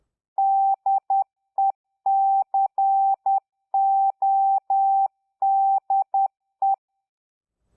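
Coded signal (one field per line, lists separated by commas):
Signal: Morse code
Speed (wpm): 10 wpm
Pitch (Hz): 780 Hz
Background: none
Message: DECODE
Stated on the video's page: Morse sending practice demonstrating common bad sending habits.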